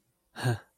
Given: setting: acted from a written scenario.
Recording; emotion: vocal sound without words; romantic love